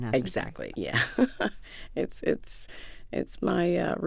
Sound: laughter

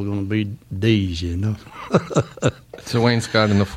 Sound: soundbite of laughter

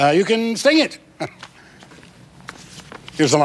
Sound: soundbite of paper shuffling

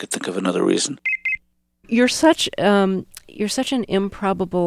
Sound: soundbite of cell phone noise

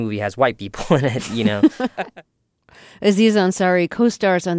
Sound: soundbite of laughter

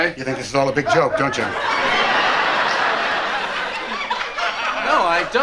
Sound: laughter

